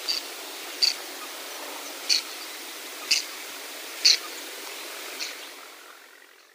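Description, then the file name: Whiskered tern giving six short, sharp, high calls about a second apart, over a steady hiss of background noise. Recorded on Yonaguni, Japan, on 30 September 2023. "kuroharaajisashi yonaguni yanagawa"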